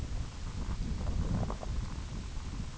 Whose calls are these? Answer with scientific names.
none